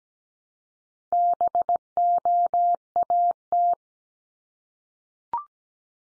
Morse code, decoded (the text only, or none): BOAT